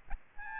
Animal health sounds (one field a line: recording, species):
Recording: mosquito wingbeat signal from an infrared sensor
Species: Aedes albopictus